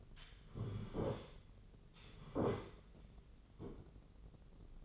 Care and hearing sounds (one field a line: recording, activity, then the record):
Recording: daily activity, microphone in the room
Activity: sit down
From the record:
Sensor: 4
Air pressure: 996.8 hPa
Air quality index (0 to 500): 240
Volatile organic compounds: 337 ppm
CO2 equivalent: 4558 ppm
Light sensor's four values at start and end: 45/110/45/45 and 45/110/45/45